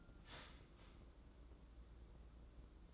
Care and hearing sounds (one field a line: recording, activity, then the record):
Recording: daily activity, microphone in the room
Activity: start toaster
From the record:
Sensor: 3